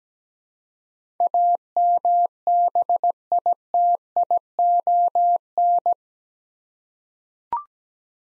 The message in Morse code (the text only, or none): AMBITION